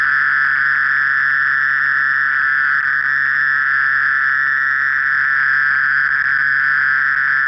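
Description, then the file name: Mole cricket song, a sustained monotonous churring trill with no pauses. "Gryllotalpa sp"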